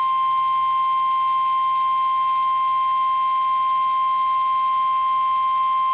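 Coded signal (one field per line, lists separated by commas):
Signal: Emergency Alert System (SAME) tones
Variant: 1050 Hz attention tone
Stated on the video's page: NOAA Weather Radio EAS alerts from Mineral Wells and Waco, Texas, during a severe thunderstorm outbreak.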